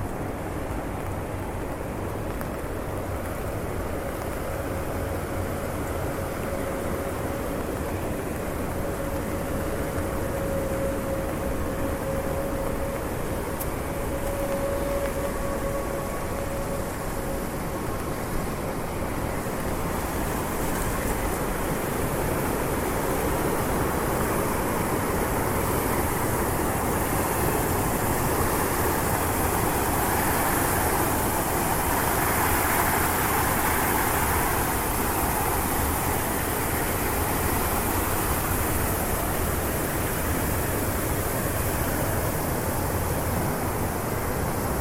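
Steady rain hiss fills a Swiss street walk, with a low vehicle rumble throughout and a faint tonal whine fading around fifteen seconds.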